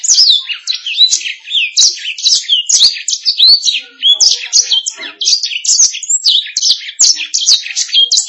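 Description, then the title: Canary song, continuous quick twittering and whistled slides, high and lively throughout without a break. "BM Suara Kenari"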